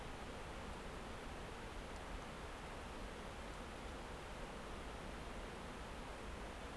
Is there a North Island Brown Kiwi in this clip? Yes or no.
no